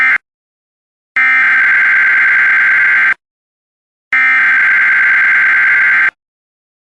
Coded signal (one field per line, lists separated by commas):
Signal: Emergency Alert System (SAME) tones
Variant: header bursts